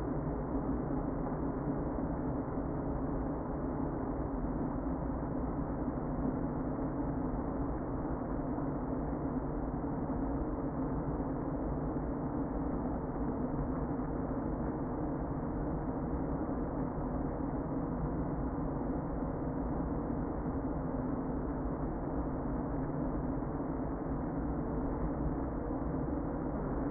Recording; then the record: honeybee colony, microphone inside the hive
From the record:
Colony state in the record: queen present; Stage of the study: before two queens were removed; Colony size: about 60,000 bees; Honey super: yes